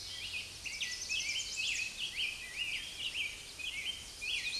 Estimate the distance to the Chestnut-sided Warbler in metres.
about 25 m